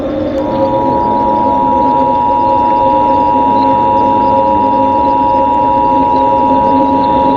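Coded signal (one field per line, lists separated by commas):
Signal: Emergency Alert System (SAME) tones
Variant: 853 and 960 Hz attention tone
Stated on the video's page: Fictional EAS scenario, made with Audacity and Balabolka text-to-speech.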